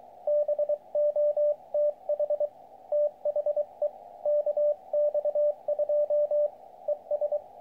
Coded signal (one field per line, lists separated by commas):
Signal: Morse code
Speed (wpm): 24 wpm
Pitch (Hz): 590 Hz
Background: radio noise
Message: BOTH THE KX2 ES